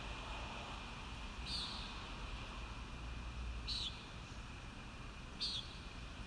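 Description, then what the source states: Common nighthawk uttering three buzzy peent notes a couple of seconds apart, accompanied by a steady background rumble. Recorded at Kissimmee on 1 May 2019.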